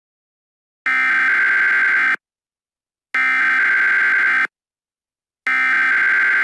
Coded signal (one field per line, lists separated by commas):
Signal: Emergency Alert System (SAME) tones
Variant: header bursts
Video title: San Diego Nightmare [EAS scenario]